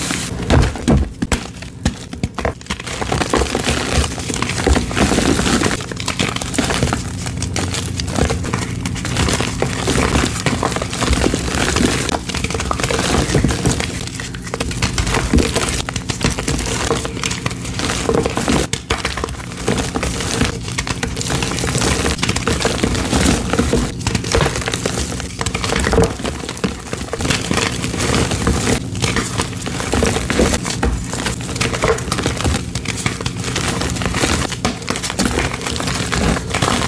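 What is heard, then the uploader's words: Glitter-crusted dyed gym chalk blocks are crushed, with crisp crunching and crinkling textures running continuously through the whole clip. Dense bursts of sharp crackles repeat every second or so at a steady level, over a faint low hum that persists underneath. ASMR crushing gym chalk blocks, dyed and fresh chalk covered in gold glitter, gold foil, and with super crispy crunchy sounds. Gold Foil + Glitter Crusted Dyed Chalk Crushes.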